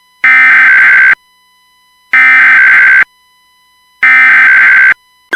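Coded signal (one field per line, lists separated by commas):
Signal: Emergency Alert System (SAME) tones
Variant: header bursts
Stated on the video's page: Recreated EAS scenario using valid SAME tones, with a Radioshack 12-996 siren involved; simulated, not aired.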